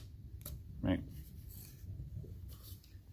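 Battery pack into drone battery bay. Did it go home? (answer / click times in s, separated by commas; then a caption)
yes / 0.4 s, 0.5 s. A plastic battery pack is slid into the rear battery bay of a Potensic D85 GPS brushless RC quadcopter drone and pushed home, and it seats with two close, sharp clicks at 0.4 and 0.5 seconds. Someone talks, and soft handling rustles continue afterward.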